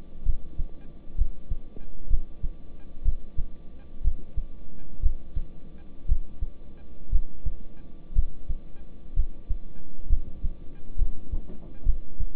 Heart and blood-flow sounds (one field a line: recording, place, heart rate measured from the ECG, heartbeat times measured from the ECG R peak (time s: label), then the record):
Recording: heart sounds by stethoscope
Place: between the tricuspid and mitral areas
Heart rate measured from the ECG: 62 bpm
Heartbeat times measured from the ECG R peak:
0.23 s: heartbeat
1.16 s: heartbeat
2.08 s: heartbeat
3.03 s: heartbeat
4.02 s: heartbeat
5.00 s: heartbeat
6.06 s: heartbeat
7.10 s: heartbeat
8.13 s: heartbeat
9.14 s: heartbeat
10.07 s: heartbeat
10.96 s: heartbeat
11.84 s: heartbeat
From the record:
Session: rest, lying down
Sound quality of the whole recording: good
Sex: male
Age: 26 years